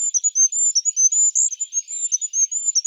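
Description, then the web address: Goldcrest giving very high, thin notes in a rapid, continuous series, each note short and sibilant, with slight pitch wavering and no other clear sounds. "Regulus regulus"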